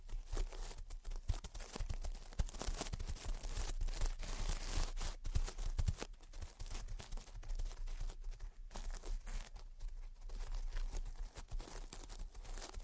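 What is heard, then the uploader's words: Gentle tapping and scratching runs continuously, made of dense, quick, irregular strokes with a crinkly, papery texture. Short bright ticks sit over a steady low rumble, with brief pauses near the five-, six- and nine-second marks. Gentle Tapping and Scratching. (No Talking).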